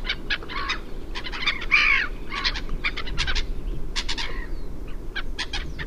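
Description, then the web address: Black-headed gull rasping calls, short harsh notes and a few longer drawn screeches, irregularly spaced over a low rumbling background. "chant xeno-canto mouette rieuse"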